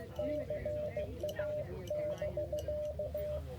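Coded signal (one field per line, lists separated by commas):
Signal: Morse code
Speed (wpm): 16 wpm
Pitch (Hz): 600 Hz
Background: music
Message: CA <BK>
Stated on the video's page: Live CW park activation in the field, with a few SSB contacts.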